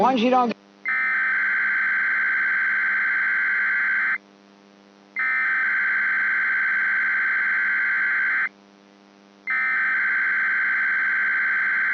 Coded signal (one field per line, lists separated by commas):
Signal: Emergency Alert System (SAME) tones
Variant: header bursts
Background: speech